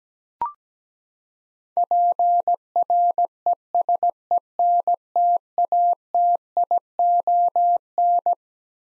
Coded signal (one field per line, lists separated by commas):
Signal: Morse code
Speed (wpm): 17 wpm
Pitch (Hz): 700 Hz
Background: none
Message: PRESENTATION